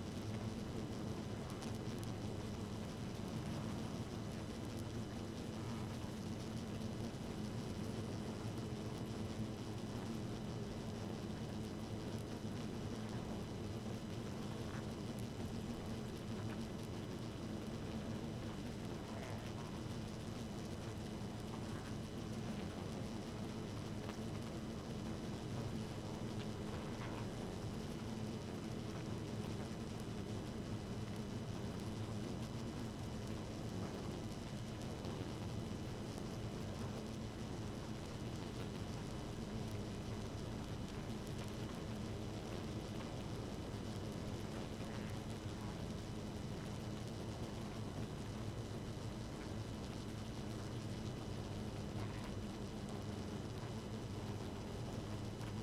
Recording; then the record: honeybee colony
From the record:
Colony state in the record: active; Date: 12 June 2018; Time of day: 0:06